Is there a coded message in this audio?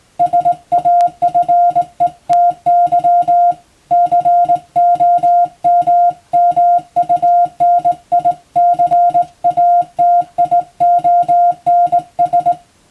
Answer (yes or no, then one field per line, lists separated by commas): yes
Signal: Morse code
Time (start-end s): 0.2-12.5 s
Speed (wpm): 19 wpm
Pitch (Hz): 700 Hz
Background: music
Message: SAFETY COMMUNICATIONS